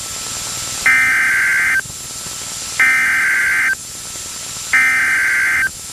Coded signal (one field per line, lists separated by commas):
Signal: Emergency Alert System (SAME) tones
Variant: header bursts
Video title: DIXIE ALLEY DANGER | EAS Alerts from 11/30/2022 (EAS #1557-1579)